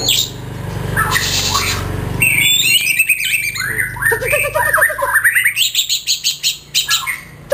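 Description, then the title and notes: White-rumped shama song after a burst of broad noise: rich slurred whistles and a quick series of warbled notes. Song used as a master (masteran) for training caged songbirds. "Suara Kicau Burung Murai Batu. burung murai buat masteran"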